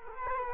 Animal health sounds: mosquito wingbeat signal from an infrared sensor; Culex quinquefasciatus

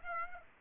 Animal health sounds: mosquito wingbeat signal from an infrared sensor; Aedes aegypti

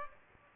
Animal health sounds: mosquito wingbeat signal from an infrared sensor; Aedes albopictus

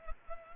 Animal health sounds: mosquito wingbeat signal from an infrared sensor; Culex pipiens

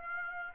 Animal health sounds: mosquito wingbeat signal from an infrared sensor; Aedes aegypti

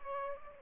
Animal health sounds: mosquito wingbeat signal from an infrared sensor; Aedes aegypti

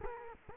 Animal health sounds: mosquito wingbeat signal from an infrared sensor; Culex quinquefasciatus

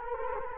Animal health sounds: mosquito wingbeat signal from an infrared sensor; Culex quinquefasciatus

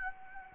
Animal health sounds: mosquito wingbeat signal from an infrared sensor; Anopheles gambiae

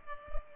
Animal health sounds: mosquito wingbeat signal from an infrared sensor; Culex pipiens

